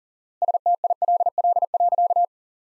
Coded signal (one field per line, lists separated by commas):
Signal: Morse code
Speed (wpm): 40 wpm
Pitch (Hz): 700 Hz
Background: none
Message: STILL.